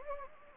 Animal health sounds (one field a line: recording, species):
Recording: mosquito wingbeat signal from an infrared sensor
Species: Anopheles gambiae